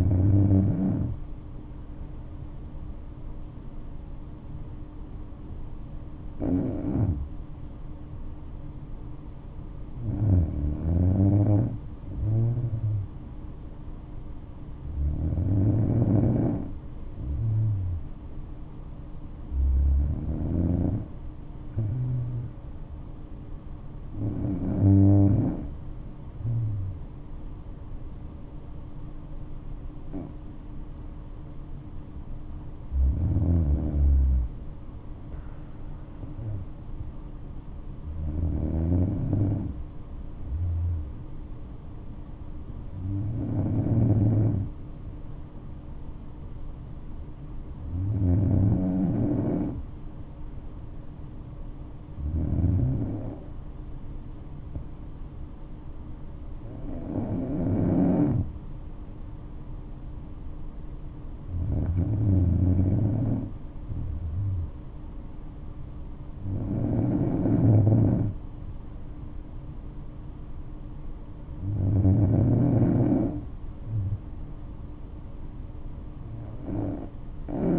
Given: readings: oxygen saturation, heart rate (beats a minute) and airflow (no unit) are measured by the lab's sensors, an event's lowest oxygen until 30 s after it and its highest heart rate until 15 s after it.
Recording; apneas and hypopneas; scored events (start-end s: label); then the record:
breathing in sleep by a smartphone at the bedside; 1
7.00-34.10 s: hypopnea (N2, oxygen 97% highest, then 95% lowest, heart rate 62 at the start, 69 highest)
From the record:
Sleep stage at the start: N2 (light sleep); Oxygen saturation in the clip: 94 to 97%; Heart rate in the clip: 59 to 69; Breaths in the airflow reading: 16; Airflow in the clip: -5.8 to 8.3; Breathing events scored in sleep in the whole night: 228 in 5.4 hours asleep